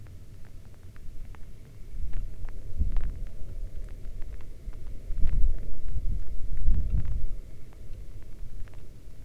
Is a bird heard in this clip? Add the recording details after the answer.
no. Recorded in the Arctic National Wildlife Refuge, Alaska, on 11 August 2019 at 22:35. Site 40